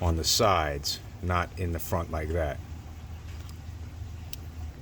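A plastic knock sensor wire clip on a 2004–2008 Acura TL Type S 3.2/3.5 engine is pushed onto the side ear of a notch on the bracket, under the intake plenum, as someone talks over a low engine-bay hum. A sharp, short click at 4.3 s marks the clip locking in place, and it is seated on the ear.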